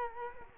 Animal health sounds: mosquito wingbeat signal from an infrared sensor; Culex quinquefasciatus

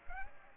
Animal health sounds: mosquito wingbeat signal from an infrared sensor; Aedes aegypti

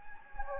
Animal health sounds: mosquito wingbeat signal from an infrared sensor; Anopheles gambiae

